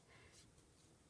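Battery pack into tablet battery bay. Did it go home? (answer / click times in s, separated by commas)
no / none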